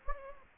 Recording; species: mosquito wingbeat signal from an infrared sensor; Anopheles gambiae